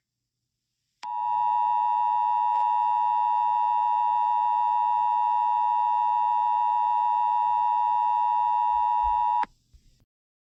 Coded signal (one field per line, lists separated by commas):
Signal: Emergency Alert System (SAME) tones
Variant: 853 and 960 Hz attention tone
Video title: EAS SCENARIO 29: Kiara E.X.E